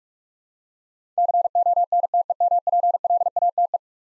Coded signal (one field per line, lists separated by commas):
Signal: Morse code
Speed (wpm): 41 wpm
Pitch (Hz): 700 Hz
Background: none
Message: CONTEMPLATE